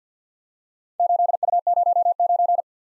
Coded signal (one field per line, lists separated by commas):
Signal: Morse code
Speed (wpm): 52 wpm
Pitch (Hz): 700 Hz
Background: none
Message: 8U09